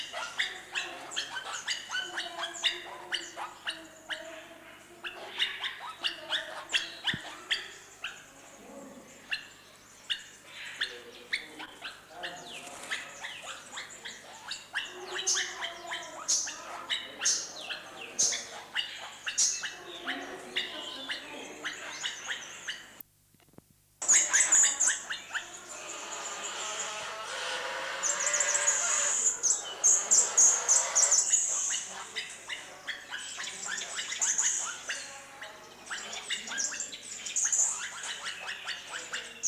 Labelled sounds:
Palawan Peacock-Pheasant courtship call
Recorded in captivity
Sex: male
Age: adult
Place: Zoo Berlin, Berlin, DE
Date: 2004-09-17 13:43
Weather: sonnig, 19°C
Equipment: Sony WM-D6C, Sennheiser ME 80, Kopie Uher 4000 Report Monitor
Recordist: Tembrock, Günter

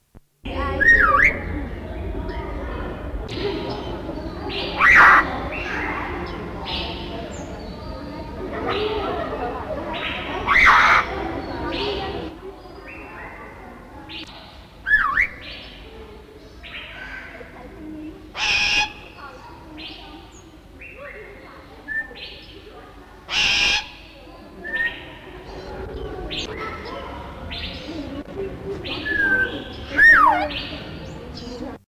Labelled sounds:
Long-tailed Glossy Starling
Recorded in captivity
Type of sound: imitation
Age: adult
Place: Zoo Basel, CH
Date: 1968-07-19
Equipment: Halbspur, 9,5 cm/s
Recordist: Lütgens, Hans
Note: Einander nachahmend

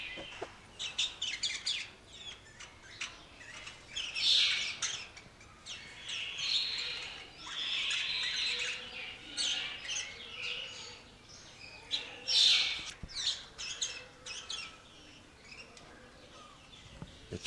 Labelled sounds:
Black-headed Bulbul
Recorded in captivity
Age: adult
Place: Zoo Berlin, Berlin, DE
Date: 1986-04-16 11:01
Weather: sunny, 12°C
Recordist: Tembrock, Günter

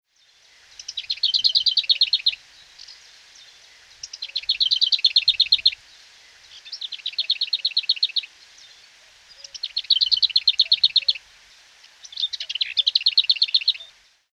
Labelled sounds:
Lesser Whitethroat
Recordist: Tembrock, Günter
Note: Gesang

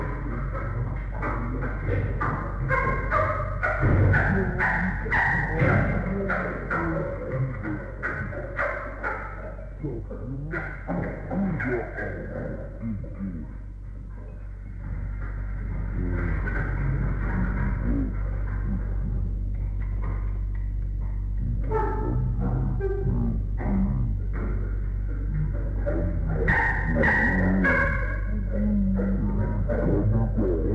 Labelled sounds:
Chimpanzee
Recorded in captivity
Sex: diverse
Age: adult
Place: Tierpark Berlin, Berlin, DE
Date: 1961-01-16
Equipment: Smaragd
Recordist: Korde and Stein
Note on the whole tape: S 579 b): Konga: Gitterrütteln; Konga + Charli: Schreien, Gitterrütteln; Konga, Charli + Kicki: Schreien, Gitterrütteln; Fütterung; Konga+Kicki betteln, klopfen, klatschen, Gitterrütteln (Berufspraktikum-Protokoll)

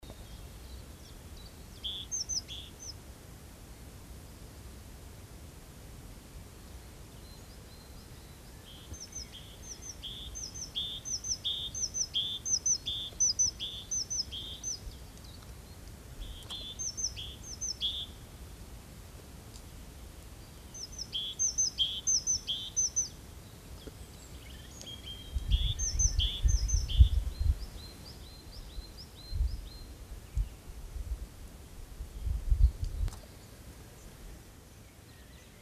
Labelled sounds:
Great Tit song
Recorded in the wild
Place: San Romolo, Ligurien, IT
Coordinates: 43.8578, 7.72889
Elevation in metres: 758
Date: 1984-04-12
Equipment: Uher 4000 Report, Parabolreflektor (30cm Durchmesser)
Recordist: Tretzel, Erwin

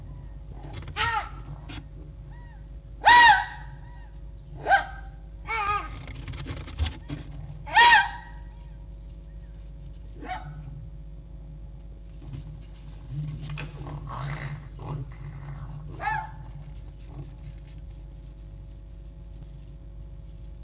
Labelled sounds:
Red Fox
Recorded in captivity
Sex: group
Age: adult
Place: Zoologisches Institut der HUB, Berlin, DE
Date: 1956-02-22 10:25
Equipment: Elmetra
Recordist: Tembrock, Günter

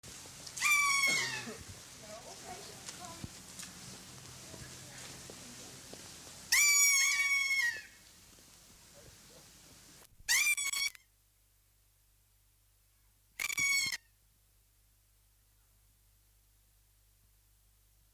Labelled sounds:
Kea call
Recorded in captivity
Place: Zoo Halle, Sachsen-Anhalt, DE
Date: 2003-10-19 16:33
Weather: heiter, 5 - 6°C
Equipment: Fair Mate ST-1328 (Asahi Electronics, Japan), Sennheiser ME 80, Kopie Uher 4000 Report Monitor
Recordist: Tembrock, Günter

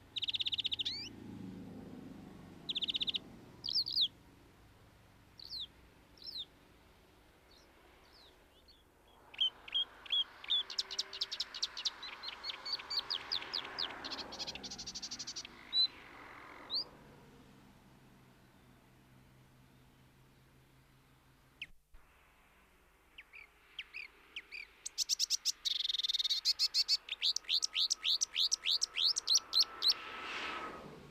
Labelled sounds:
Marsh Warbler song
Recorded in the wild
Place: Sötern, Saarland, DE
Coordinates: 49.5947, 7.065
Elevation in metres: 419
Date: 1973-06-15
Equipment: Nagra IV, Sennheiser MKH 405, Parabolreflektor
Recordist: Tretzel, Erwin

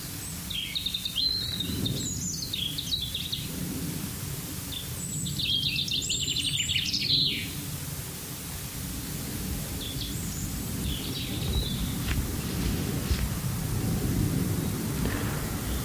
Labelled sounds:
Common Chaffinch song
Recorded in the wild
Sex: male
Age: adult
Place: Ebeltoft, Halbinsel Mols, DK
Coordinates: 56.2239, 10.5783
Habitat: decidouos forest
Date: 1994-04-08
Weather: hazy, rime, ca. 0°C
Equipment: Sony WM-D6C, Sennheiser MKH 70, Kopie Revox C 270
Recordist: Frommolt, Karl-Heinz

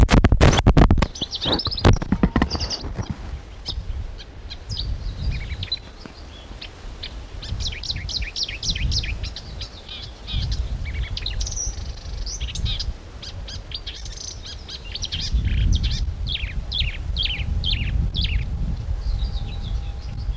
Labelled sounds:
Marsh Warbler song
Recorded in the wild
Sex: male
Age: adult
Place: Berlin, OT Blankenfelde, Berlin, DE
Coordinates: 52.6167, 13.4
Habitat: field
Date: 1988-06-04
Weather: overcast, 18-20°C, gusty winds
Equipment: Nagra SN, Kopie Tesla B 116
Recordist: Tembrock, Günter
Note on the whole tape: Bei Blankenfelde, am ehemaligen Feldrand. Gesang

